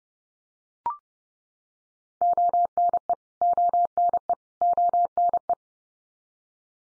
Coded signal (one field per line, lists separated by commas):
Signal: Morse code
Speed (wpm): 30 wpm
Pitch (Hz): 700 Hz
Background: none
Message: ONE ONE ONE